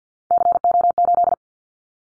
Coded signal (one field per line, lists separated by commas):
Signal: Morse code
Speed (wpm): 48 wpm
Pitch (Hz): 700 Hz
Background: none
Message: CO8